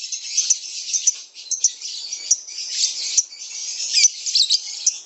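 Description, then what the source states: Lovebird song, shrill high chattering with sharp squeaky notes scattered through a continuous twittering stream. Lovebird giving a long ngekek trill, described as one of the longest, used as a lure song (kicau pancingan).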